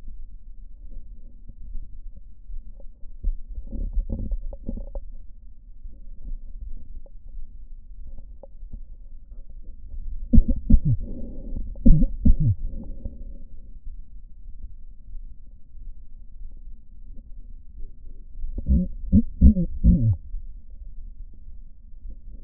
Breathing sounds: lung sounds by stethoscope; right posterior basal chest; quiet breathing, then cough and speech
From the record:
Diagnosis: none (healthy); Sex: male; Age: 30 years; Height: 190 cm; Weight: 88 kg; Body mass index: 24.4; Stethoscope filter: diaphragm mode

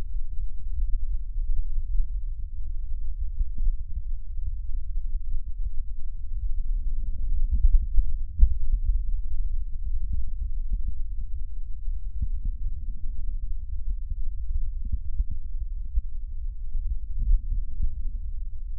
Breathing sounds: lung sounds by stethoscope; right posterior basal chest; quiet breathing, then deep breathing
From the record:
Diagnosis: interstitial lung disease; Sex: male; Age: 74 years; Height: 160 cm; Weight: 54 kg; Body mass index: 21.1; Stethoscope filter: bell mode

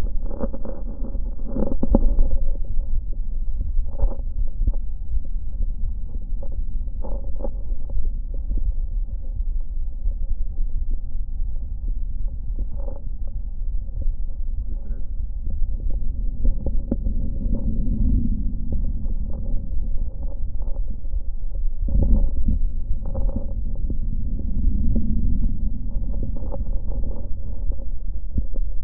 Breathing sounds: lung sounds by stethoscope; left posterior apical chest; quiet breathing, then deep breathing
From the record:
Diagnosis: none (healthy); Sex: male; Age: 23 years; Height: 185 cm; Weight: 93 kg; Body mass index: 27.2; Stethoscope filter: diaphragm mode

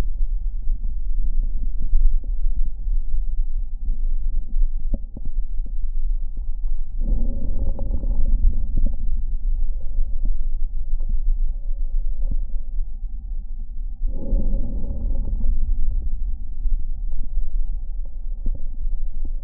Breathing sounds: lung sounds by stethoscope; left anterior apical chest; quiet breathing, then deep breathing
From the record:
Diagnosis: interstitial lung disease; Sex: female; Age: 65 years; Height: 156 cm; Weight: 66.8 kg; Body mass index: 27.4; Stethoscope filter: diaphragm mode

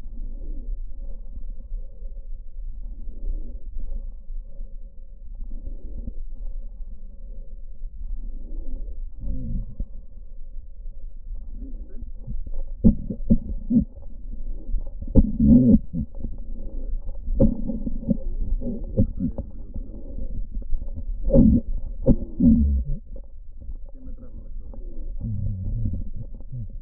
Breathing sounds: lung sounds by stethoscope; right posterior basal chest; quiet breathing, then cough and speech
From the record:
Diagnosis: pulmonary infection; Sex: male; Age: 69 years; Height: 184 cm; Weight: 115 kg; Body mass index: 34.0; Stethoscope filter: diaphragm mode

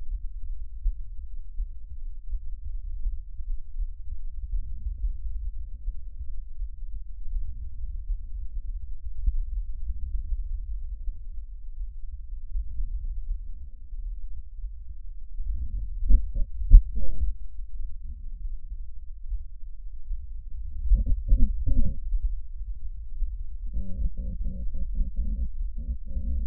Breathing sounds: lung sounds by stethoscope; trachea; quiet breathing, then cough and speech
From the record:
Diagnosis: COPD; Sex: female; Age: 72 years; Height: 156 cm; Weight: 72 kg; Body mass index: 29.6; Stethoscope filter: bell mode

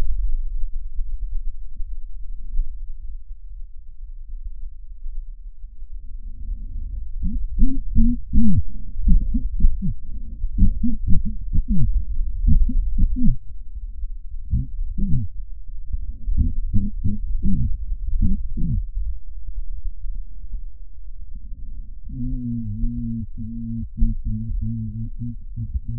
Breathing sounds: lung sounds by stethoscope; left posterior basal chest; quiet breathing, then cough and speech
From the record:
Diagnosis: pulmonary infection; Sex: male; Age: 86 years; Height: 165 cm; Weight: 65 kg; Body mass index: 23.9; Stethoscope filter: bell mode

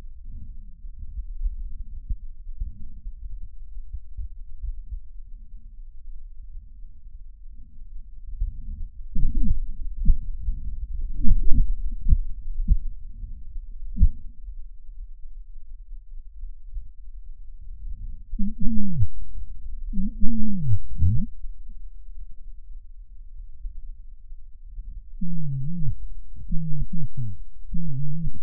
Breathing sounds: lung sounds by stethoscope; right posterior apical chest; quiet breathing, then cough and speech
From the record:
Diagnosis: COPD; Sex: male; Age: 75 years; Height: 182 cm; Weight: 98 kg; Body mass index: 29.6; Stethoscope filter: bell mode

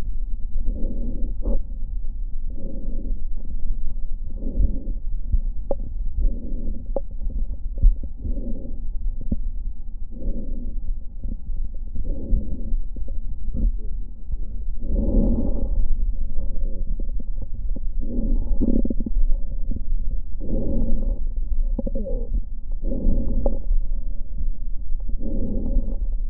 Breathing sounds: lung sounds by stethoscope; left posterior basal chest; quiet breathing, then deep breathing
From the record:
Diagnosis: interstitial lung disease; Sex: female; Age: 68 years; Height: 152 cm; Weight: 76 kg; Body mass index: 32.9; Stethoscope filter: diaphragm mode

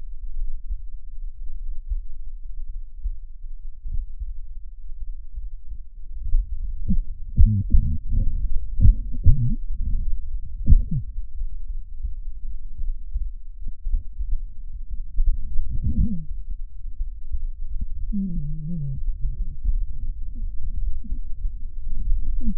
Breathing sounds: lung sounds by stethoscope; left anterior apical chest; quiet breathing, then cough and speech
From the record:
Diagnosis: interstitial lung disease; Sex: male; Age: 82 years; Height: 158 cm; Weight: 49 kg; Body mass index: 19.6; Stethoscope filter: bell mode

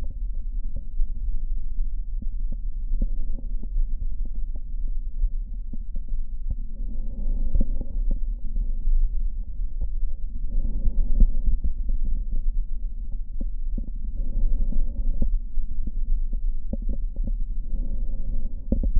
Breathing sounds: lung sounds by stethoscope; right anterior apical chest; quiet breathing, then deep breathing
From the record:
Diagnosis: interstitial lung disease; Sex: male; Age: 65 years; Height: 161 cm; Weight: 74.6 kg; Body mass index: 28.8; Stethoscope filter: diaphragm mode

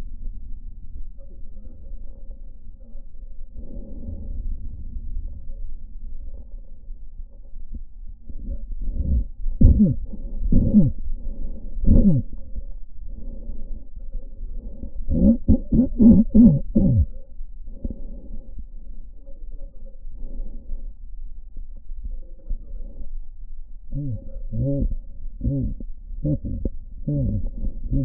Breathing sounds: lung sounds by stethoscope; left anterior apical chest; quiet breathing, then cough and speech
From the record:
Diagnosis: COPD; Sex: male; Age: 70 years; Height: 170 cm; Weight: 74 kg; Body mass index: 25.6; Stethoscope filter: diaphragm mode

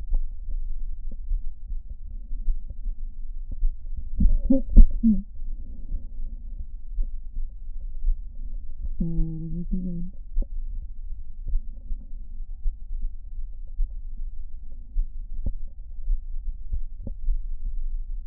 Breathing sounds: lung sounds by stethoscope; left anterior apical chest; quiet breathing, then cough and speech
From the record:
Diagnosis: asthma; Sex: female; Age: 72 years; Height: 160 cm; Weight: 63.4 kg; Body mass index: 24.8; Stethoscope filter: diaphragm mode

